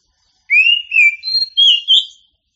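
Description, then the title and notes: Oriental magpie-robin singing a clear phrase of four or five sweet whistled notes, rising slightly in pitch and run closely together. Champion bird, called 'kacer juara' in Indonesian. "Kicau Burung Kacer Juara. Suara Kicauan Burung Kacer Juara"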